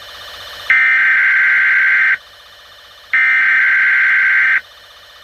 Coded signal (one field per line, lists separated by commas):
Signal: Emergency Alert System (SAME) tones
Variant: header bursts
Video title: EAS Scenarios Rotation Covid 21